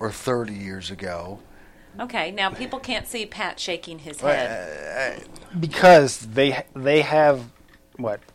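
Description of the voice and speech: Fluent, conversational adult speech with ordinary pauses, from a host moderating a group discussion; no voice or articulation problem is heard.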